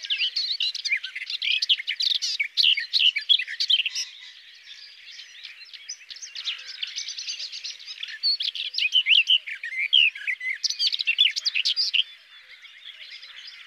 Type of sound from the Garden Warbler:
song